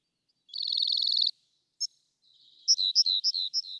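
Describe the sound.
Rock wren: a brief fast trill, a single sharp click, then a short series of notes alternating high and low.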